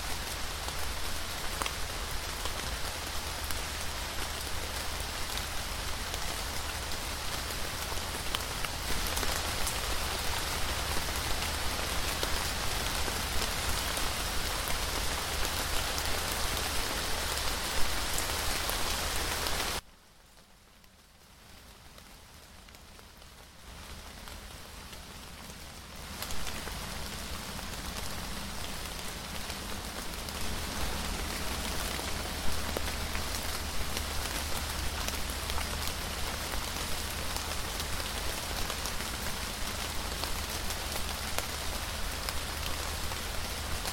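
Steady, dense rain patters on a surface with a bright hiss and a low rumble underneath. Around twenty seconds in it drops to near quiet for a few seconds, a faint low tone showing through, then the rain gradually returns and settles back into its even downpour.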